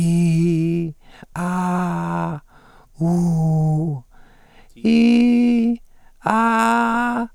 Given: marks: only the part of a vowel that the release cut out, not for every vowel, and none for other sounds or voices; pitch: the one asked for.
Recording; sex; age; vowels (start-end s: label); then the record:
sustained vowels; male; 70 to 79 years
0.00-0.77 s: vowel /i/, normal pitch
1.43-2.21 s: vowel /a/, normal pitch
3.06-3.84 s: vowel /u/, normal pitch
4.89-5.67 s: vowel /i/, high pitch
6.34-7.07 s: vowel /a/, high pitch
From the record:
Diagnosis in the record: recurrent laryngeal nerve paralysis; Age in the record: 76 years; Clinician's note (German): Links, unvollständige (hyperfunktionelle) Kompensation